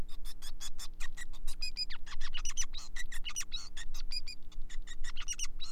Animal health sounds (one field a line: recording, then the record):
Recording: song of a male Bengalese finch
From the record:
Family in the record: son of father 5